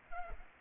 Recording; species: mosquito wingbeat signal from an infrared sensor; Culex pipiens